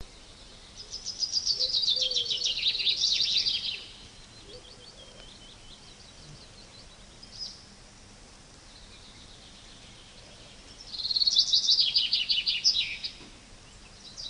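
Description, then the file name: Common chaffinch song: a fast, bright trill tumbling downward over about three seconds, a quieter stretch with faint phrases, then a similar cascading phrase near the end, over steady background noise. "Fringilla coelebs"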